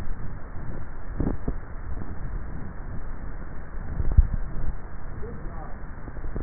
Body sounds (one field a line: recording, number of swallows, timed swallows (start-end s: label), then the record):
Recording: swallowing sounds by neck microphone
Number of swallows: 1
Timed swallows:
3.98-4.82 s: swallow
From the record:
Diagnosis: dysphagia